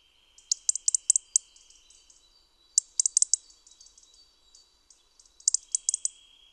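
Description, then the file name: European robin giving three bursts of rapid, high, clicking chirps, each followed by faint thin trailing notes, a pause between each burst. "Erithacus rubecula"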